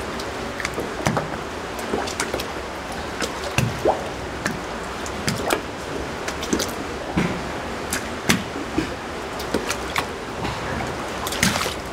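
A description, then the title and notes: Small waves lap against a docked boat, making irregular wet slaps and drips every half second or so, some bright, others softer. A steady low hiss of moving water fills the background throughout, with no other sounds. In this episode, you can listen to the tranquil sounds of waves gently lapping against a boat docked in a boathouse. Waves Against a Boat.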